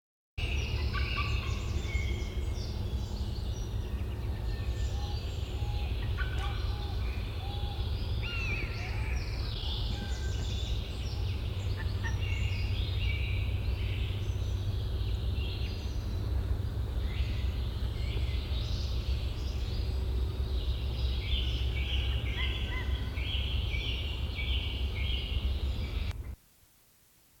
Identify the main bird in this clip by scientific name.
Haliaeetus albicilla